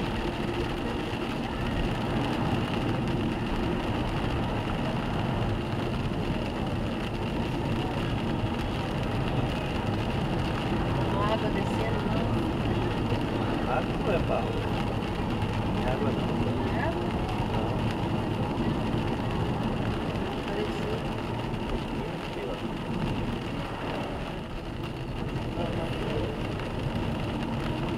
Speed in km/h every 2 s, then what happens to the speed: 62, 58, 59, 63, 66, 73, 69, 68, 65, 62, 60, 57, 56, 57.
3-11 speeds up to 73. 11-22 slows to 57. 22-28 steady at about 57.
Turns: none.